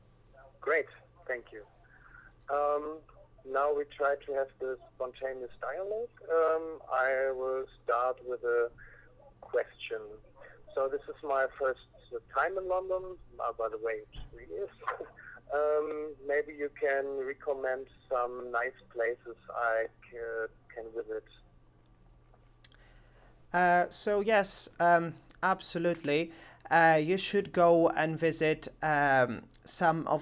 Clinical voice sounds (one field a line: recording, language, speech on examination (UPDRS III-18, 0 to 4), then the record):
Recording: conversation on a phone call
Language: English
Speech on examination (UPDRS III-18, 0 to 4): 0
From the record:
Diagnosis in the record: healthy control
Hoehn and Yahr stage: 0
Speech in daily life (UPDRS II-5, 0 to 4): 0